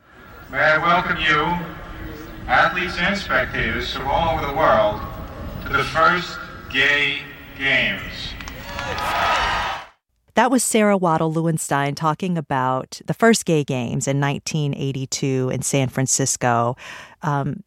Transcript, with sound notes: May I welcome you, athletes and spectators from all over the world, to the first Gay Games.
(APPLAUSE)
That was Sara Waddell Lewinstein talking about the first Gay Games in 1982 in San Francisco.